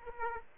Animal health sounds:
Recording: mosquito wingbeat signal from an infrared sensor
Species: Aedes aegypti

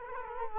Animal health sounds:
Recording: mosquito wingbeat signal from an infrared sensor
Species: Culex quinquefasciatus

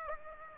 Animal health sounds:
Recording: mosquito wingbeat signal from an infrared sensor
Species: Aedes aegypti

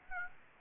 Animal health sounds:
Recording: mosquito wingbeat signal from an infrared sensor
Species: Aedes aegypti

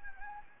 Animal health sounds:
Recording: mosquito wingbeat signal from an infrared sensor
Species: Anopheles gambiae

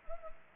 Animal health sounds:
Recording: mosquito wingbeat signal from an infrared sensor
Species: Anopheles arabiensis

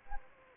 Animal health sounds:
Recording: mosquito wingbeat signal from an infrared sensor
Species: Anopheles arabiensis

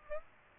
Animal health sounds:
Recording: mosquito wingbeat signal from an infrared sensor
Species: Aedes aegypti

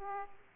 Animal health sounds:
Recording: mosquito wingbeat signal from an infrared sensor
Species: Aedes aegypti

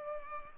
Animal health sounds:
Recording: mosquito wingbeat signal from an infrared sensor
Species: Culex pipiens

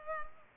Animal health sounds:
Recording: mosquito wingbeat signal from an infrared sensor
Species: Culex pipiens

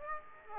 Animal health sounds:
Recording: mosquito wingbeat signal from an infrared sensor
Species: Aedes aegypti

